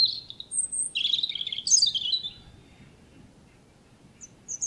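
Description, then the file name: European robin song: thin, high warbled phrases sliding downward, then a pause and two brief high notes near the end. "Erithacus rubecula"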